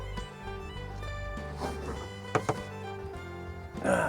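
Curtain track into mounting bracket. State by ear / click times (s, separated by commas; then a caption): not seated / none. An RV curtain track is pressed into a plastic mounting bracket while music plays in the background. Two short, sharp thuds stand out at about 2.4 and 2.5 seconds, but the track does not snap into the bracket. Nothing has seated or clicked yet.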